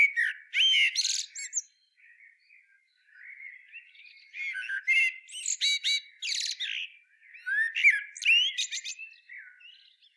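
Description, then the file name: Common blackbird song with repeated bursts of high, chattering twitter notes mixed with brief mellow whistles, several phrases in about ten seconds. "Turdus merula"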